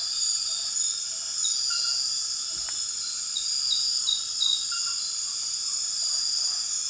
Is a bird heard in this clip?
no